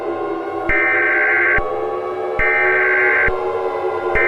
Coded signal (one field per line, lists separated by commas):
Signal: Emergency Alert System (SAME) tones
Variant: header bursts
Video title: EAS Scenario #4: The Grey Goo Spill